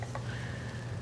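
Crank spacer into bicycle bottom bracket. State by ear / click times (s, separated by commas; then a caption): not seated / none. A bike mechanic handles the plastic crank spacers (2.5 mm left, 5.5 mm right) as he fits them into the bottom bracket of a Ribble Cycles Gravel SL with SRAM Rival eTap AXS, before installing the crankset. A steady low hum is heard, with two faint brief taps near 0.0 s and 0.15 s and a thin whine around 2 kHz. Nothing has seated or clicked yet.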